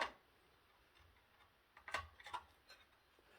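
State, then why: Seated. A RAM stick is lined up with a DIMM slot on an ASRock B560M HDV motherboard and pressed down until both slot retention clips snap shut. After a mostly quiet start, two sharp clicks land close together at about 1.9 s and 1.9 s, followed by a few softer ticks and rustles. The module is seated with a good double click.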